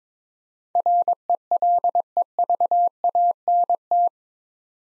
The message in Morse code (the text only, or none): RELEVANT